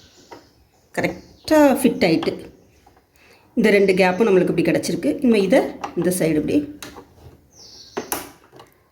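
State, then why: Seated. During sewing machine reassembly, a metal retaining clip (latch) on one side of the shuttle race is swung over the shuttle race cover while someone talks. It snaps into place with a sharp click at 8.1 s, and the clip is locked.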